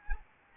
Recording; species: mosquito wingbeat signal from an infrared sensor; Anopheles arabiensis